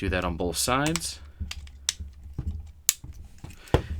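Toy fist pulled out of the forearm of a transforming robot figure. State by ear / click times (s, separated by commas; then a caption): seated / 1.9 s, 2.9 s. Someone talks briefly as a plastic fist is pulled out of the forearm of a Power of the Primes Voyager Class Grimlock transforming robot toy, on both sides. The fists click into place with sharp clicks at 1.9 s and 2.9 s, among quieter handling clicks, and the fists end up seated.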